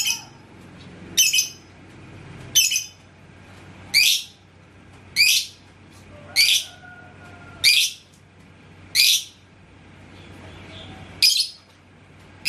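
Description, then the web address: Lovebird uttering sharp, shrill screeches repeated roughly every one to one and a half seconds, about ten in total. "love-bird suara-lovebird-paud"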